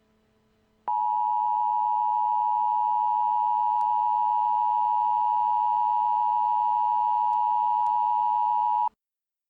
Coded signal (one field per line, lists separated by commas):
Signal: Emergency Alert System (SAME) tones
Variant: 853 and 960 Hz attention tone